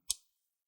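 A plastic palm rest on an ASUS BR1100CK laptop is pinched onto the bottom cover so its retaining clips snap home. A single sharp, bright click sounds at 0.1 s, then quickly decays into silence. The clip has seated.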